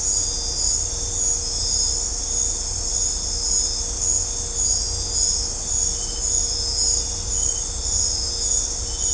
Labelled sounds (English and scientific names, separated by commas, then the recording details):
none
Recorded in dense forest near Puerto Asís, Putumayo, Colombia, on 20 December 2024 at 19:30
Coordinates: 0.503, -76.323
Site G043